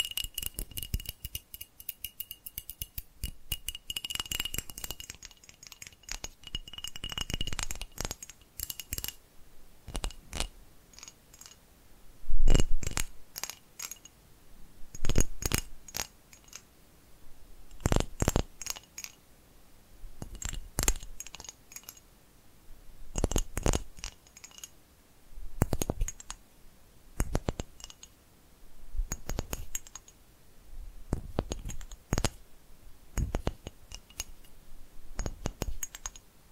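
Tapping in sharp, clicky bursts, each a quick cluster of taps with short pauses between. The first few seconds are busier, with rapid ticking and a faint high ringing tone, then the bursts settle into a fairly regular pattern every couple of seconds.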